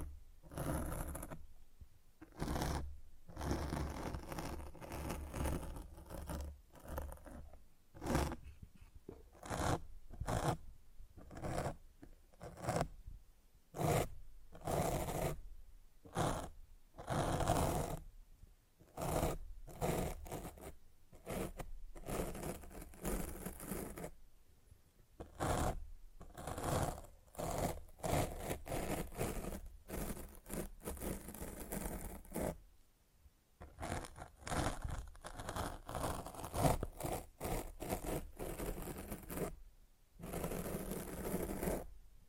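Scratching and rubbing against a microphone fills the recording, with dense bursts of rough, full-range scraping broken by frequent short silences. The bursts come irregularly, every second or so. A low rumble sits under most of them, and some stretches run longer, around 28–32 seconds.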